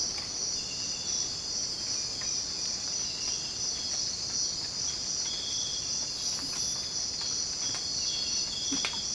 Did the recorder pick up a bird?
yes